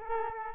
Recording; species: mosquito wingbeat signal from an infrared sensor; Culex quinquefasciatus